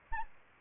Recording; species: mosquito wingbeat signal from an infrared sensor; Aedes albopictus